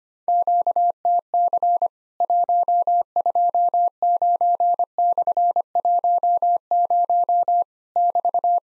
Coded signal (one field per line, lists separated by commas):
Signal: Morse code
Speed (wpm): 25 wpm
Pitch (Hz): 700 Hz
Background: none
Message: QTC 129/10 <BT>